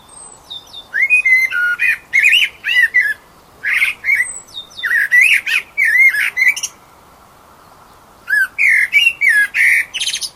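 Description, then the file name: Eurasian blackbird calls: loud, harsh squawking notes with sharp high clicks, in rapid bursts of several, separated by short pauses, over a faint steady hiss. "Turdus merula"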